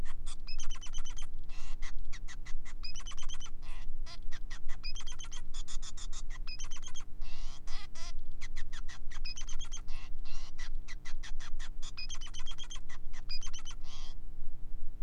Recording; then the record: song of a male Bengalese finch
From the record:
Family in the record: son of father 5